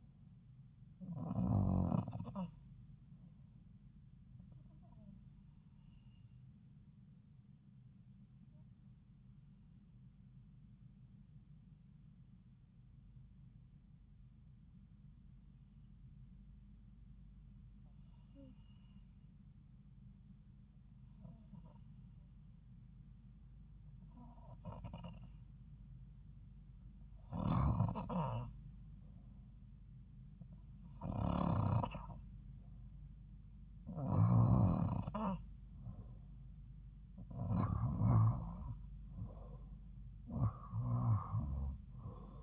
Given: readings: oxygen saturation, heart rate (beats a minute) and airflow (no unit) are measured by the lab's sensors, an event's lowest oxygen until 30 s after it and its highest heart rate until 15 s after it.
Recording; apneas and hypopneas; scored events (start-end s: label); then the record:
breathing in sleep by a smartphone at the bedside; 1
3.00-24.30 s: hypopnea (REM, oxygen 93% highest, then 84% lowest)
From the record:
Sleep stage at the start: REM sleep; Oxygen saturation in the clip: 85 to 93%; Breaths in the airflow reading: 13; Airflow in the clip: -5.3 to 5.1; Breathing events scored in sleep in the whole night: 270 in 6.1 hours asleep